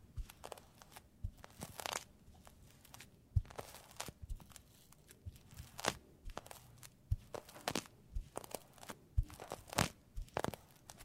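Soap being worked, with a run of crisp crunching, scraping bursts arriving irregularly about every half second to a second. A few duller low knocks land near 3, 7 and 9 seconds, set against a quiet background.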